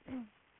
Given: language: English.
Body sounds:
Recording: throat vibration sensor signal played as sound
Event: throat clearing

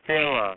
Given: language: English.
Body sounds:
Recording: throat vibration sensor signal played as sound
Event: speech

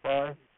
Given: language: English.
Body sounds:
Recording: throat vibration sensor signal played as sound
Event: speech

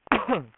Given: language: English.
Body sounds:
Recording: throat vibration sensor signal played as sound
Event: cough

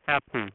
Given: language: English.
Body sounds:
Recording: throat vibration sensor signal played as sound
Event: speech

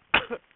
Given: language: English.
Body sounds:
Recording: throat vibration sensor signal played as sound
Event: cough

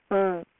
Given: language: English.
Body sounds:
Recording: throat vibration sensor signal played as sound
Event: speech

